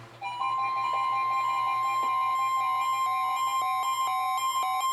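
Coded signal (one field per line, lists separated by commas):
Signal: Emergency Alert System (SAME) tones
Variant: 1050 Hz attention tone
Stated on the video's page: Real NOAA Weather Radio alerts from Sterling, VA for central Maryland storms: required weekly test, severe thunderstorm and special marine warnings.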